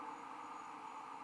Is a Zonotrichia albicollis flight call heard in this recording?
no